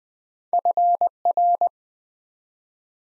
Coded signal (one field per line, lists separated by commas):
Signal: Morse code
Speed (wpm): 20 wpm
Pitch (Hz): 700 Hz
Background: none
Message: FR